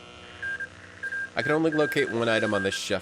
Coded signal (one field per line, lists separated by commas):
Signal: Morse code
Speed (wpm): 27 wpm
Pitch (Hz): 1600 Hz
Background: speech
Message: N ATLC